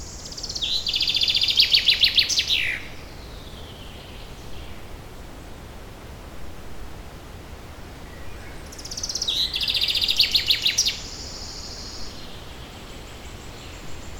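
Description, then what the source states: Bird song repeated twice, each phrase a quick buzzy high trill finishing with a dropping note, separated by several seconds of hissy background. Recorded in a forest, with forest ambience.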